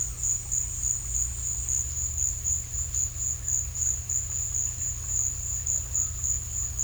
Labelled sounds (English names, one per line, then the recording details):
none
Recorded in dense forest near Puerto Asís, Putumayo, Colombia, on 18 December 2024 at 15:30
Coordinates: 0.467, -76.328
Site GP05